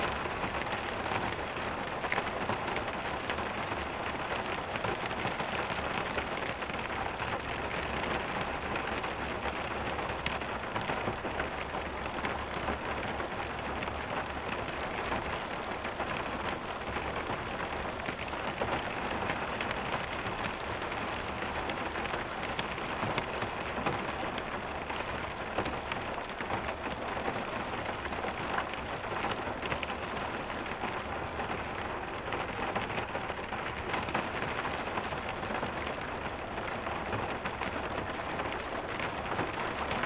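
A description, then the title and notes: Rain drums steadily on a car, a dense, even patter of countless drops with no pauses over the whole stretch. The sound is full, strongest through the middle range, with a faint low rumble underneath that stays constant throughout. Rain in the Car. (5.1 surround sound).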